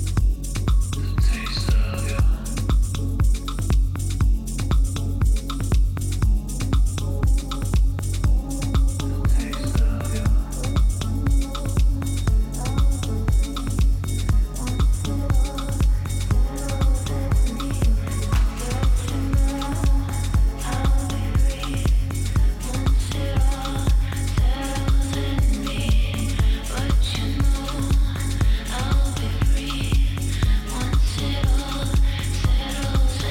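Music at a Day of the Dead gathering in Tucson, Arizona, driven by a steady, fast beat of deep thumps with sharp clattering hits on top. Sustained tones and melodic lines run through the middle, and the level stays even for the whole stretch.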